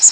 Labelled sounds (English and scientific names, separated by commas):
Magnolia Warbler (Setophaga magnolia) flight call